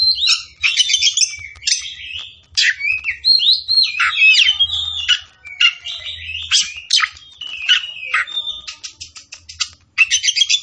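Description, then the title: Oriental magpie-robin singing continuously, a fast chattering mix of whistles, trills and buzzy notes, with quick repeated elements near the end. From Tretes, singing vigorously (gacor). "Kacer Tretes"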